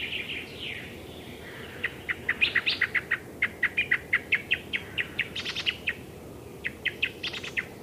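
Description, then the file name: Icterine warbler song, a fast run of short chirps and buzzy notes around a high pitch, delivered in quick varied bursts with brief pauses. "zelen peresm"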